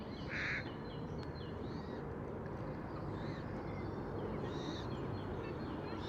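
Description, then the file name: Eurasian jay uttering a single short, hoarse screech at the start, followed by faint thin bird notes over a constant low background hum. "Garrulus glandarius"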